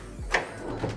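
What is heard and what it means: Someone presses the push button on the lid latch of a Weather Guard saddle truck tool box. A single sharp hit sounds at 0.4 s as the latch releases and the lid pops open.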